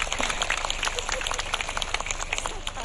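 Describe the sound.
An audience at a Tabligh Akbar gathering with Ustadz Yusuf Mansur, July 2012, applauds for the Bupati (regent) and his wife: a steady wash of many hands clapping in dense, irregular bursts for a few seconds, with a faint murmur of crowd voices underneath.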